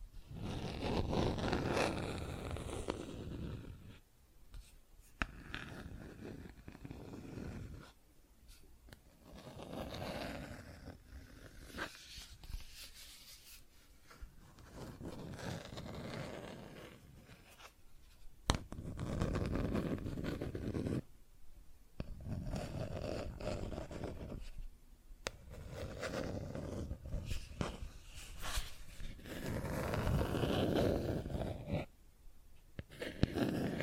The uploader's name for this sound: Plastic Objects Tapping and Scratching